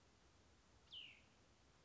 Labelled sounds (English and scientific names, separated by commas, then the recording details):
Cassin's Vireo (Vireo cassinii)
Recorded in Sonoma County, California